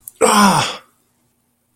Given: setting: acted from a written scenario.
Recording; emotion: vocal sound without words; pain